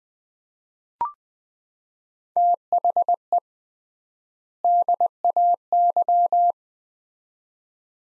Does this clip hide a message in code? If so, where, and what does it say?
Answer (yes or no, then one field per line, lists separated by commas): yes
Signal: Morse code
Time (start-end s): 2.4-6.5 s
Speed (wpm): 20 wpm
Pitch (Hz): 700 Hz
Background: none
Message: THE DAY